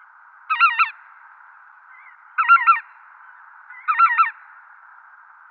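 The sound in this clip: Lesser white-fronted goose giving three squeaky, wavering honking calls roughly one and a half to two seconds apart against a steady humming background.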